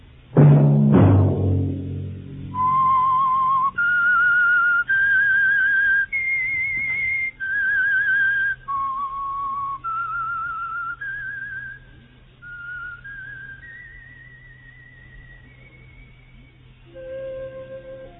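A lone whistled theme tune for the Signal Oil program The Whistler: long, sustained notes that step up and down in pitch, clear and steady, preceded by a brief low musical chord at the start.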